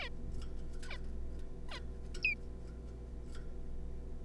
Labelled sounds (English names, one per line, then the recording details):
Zebra Finch
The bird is a juvenile
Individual R3549